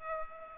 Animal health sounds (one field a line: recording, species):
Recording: mosquito wingbeat signal from an infrared sensor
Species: Aedes aegypti